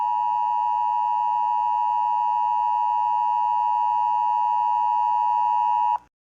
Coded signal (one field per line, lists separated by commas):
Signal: Emergency Alert System (SAME) tones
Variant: 853 and 960 Hz attention tone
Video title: MARGINAL INSANITY 12: SEABREEZE 6 DAY BUST - EAS Alerts From 8/29/25 - 9/3/25 (EAS #4623-4639)